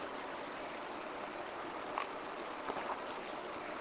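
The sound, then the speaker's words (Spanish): A few quiet sips of water and small wet swallowing clicks, spaced irregularly, over a steady hiss of background noise with no talking. “Tomamos un poquito de agua.”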